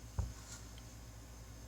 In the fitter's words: click to let you know it's locked in there